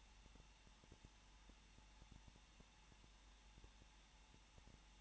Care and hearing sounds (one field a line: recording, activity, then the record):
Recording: daily activity, microphone in the room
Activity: no activity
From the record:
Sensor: 1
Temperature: 20.1 degrees Celsius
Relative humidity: 39.4%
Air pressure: 1006.4 hPa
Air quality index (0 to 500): 218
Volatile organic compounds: 80 ppm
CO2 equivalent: 3604 ppm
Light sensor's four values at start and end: 1/2/1/1 and 1/2/1/1